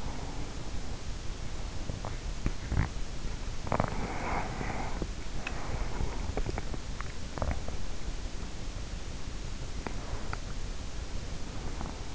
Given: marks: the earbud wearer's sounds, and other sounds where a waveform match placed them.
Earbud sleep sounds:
sounds in sleep by an in-ear microphone; breath, teeth grinding
0.00-2.04 s: breath
1.74-4.04 s: teeth grinding
3.63-6.56 s: breath
6.23-7.93 s: teeth grinding
9.71-12.15 s: breath

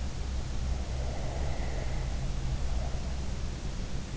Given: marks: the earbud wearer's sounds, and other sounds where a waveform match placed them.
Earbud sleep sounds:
sounds in sleep by an in-ear microphone; breath
0.91-3.13 s: breath

